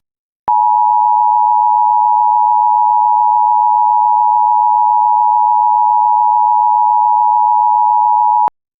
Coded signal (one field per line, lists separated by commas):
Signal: Emergency Alert System (SAME) tones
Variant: 853 and 960 Hz attention tone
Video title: Everybody's Fear (An EAS scenario) Part 1